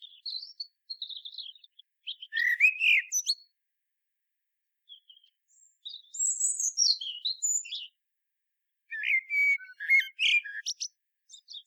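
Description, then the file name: Common blackbird song with high scratchy twitters, a short fluted whistle, more squeaky notes, then a final phrase of mellow whistles. "Turdus merula"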